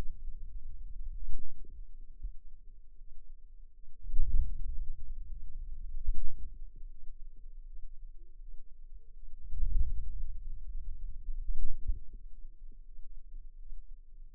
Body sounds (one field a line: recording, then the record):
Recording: forearm muscle sounds (acoustic myography)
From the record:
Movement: wrist extension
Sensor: system 2, bracelet of six BSWA MPA416 microphones around the upper forearm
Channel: 6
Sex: female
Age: 23 years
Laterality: right